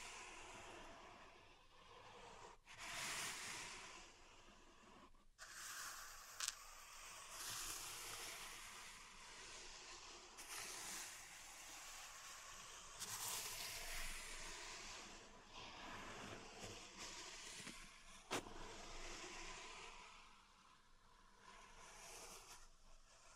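Pink salt in a zen garden being raked and stirred, giving a dense, bright hiss of grains that rises and falls in long sweeping strokes. Sharp clicks or taps break in now and then, near 3, 5, 6 and 18 seconds.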